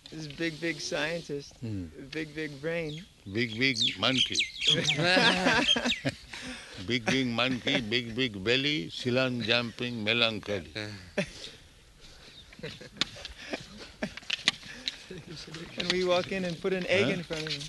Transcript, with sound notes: This big, big scientist, big, big brain...
Big, big monkey. [laughter] "Big, big monkey, big, big belly, Ceylon jumping melancholy."
And we walk in and put an egg in front of him.